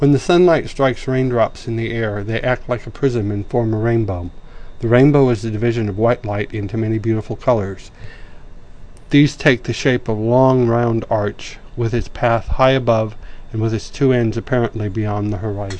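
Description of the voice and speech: An adult man reading a passage slowly, with nasal-sounding vowels, weak consonants and long pauses: dysarthria in myasthenia gravis.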